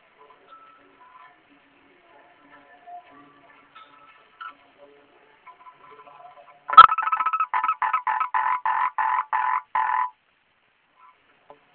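Frog call opening with a sharp click, then about a dozen rapid harsh croaks over three seconds after mostly quiet scattered sounds.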